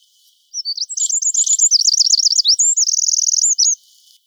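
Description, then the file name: Eurasian wren delivering one energetic high-pitched song of quick repeated notes, rolling trills and a fast rattle, about three seconds long. "Troglodytes troglodytes"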